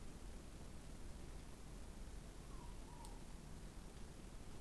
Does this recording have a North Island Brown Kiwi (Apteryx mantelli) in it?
no